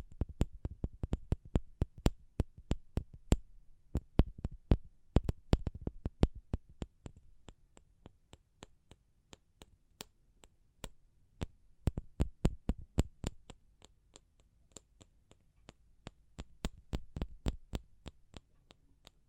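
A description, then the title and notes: Sharp taps land in uneven runs, quick clusters in the first seven seconds, then sparser and slower strikes, with faster bursts returning around 12 and 16 to 18 seconds. Each tap is a crisp click with a dull thud. A low steady hum runs underneath. ASMR Pure Tapping Fast and Slow (No Talking).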